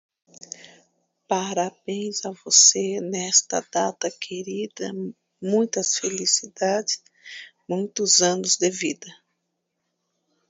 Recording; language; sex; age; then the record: short text; Brazilian Portuguese; female; 50 to 59 years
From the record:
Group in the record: control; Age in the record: 53 years